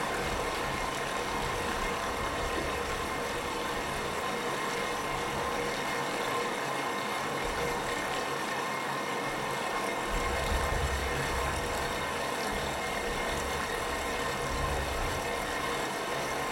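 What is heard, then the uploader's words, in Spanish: Sound textures in a space devoted to water worship: a steady, dense, grinding drone with bright hiss and low rumbling swells, unchanging throughout. La pieza está compuesta por una serie de registros realizados en diferentes localidades de la zona andina del Perú. Como la zona arqueológica de Tipón en el Cusco, donde se registraron una serie de texturas sonoras en un espacio dedicado al culto al agua. Para el registro se utilizaron distintos tipos de grabadoras y micrófonos.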